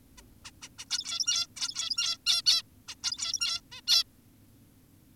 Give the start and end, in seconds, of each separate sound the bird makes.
0.18-0.22, 0.45-0.51, 0.62-0.69, 0.79-0.85, 0.90-1.47, 1.57-2.18, 2.26-2.42, 2.46-2.62, 2.88-2.95, 3.04-3.61, 3.72-3.81, 3.88-4.04